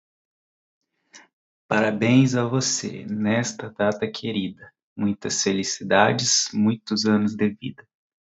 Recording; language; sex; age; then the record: short text; Brazilian Portuguese; male; 30 to 39 years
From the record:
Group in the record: control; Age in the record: 32 years